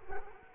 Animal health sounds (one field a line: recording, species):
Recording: mosquito wingbeat signal from an infrared sensor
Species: Culex quinquefasciatus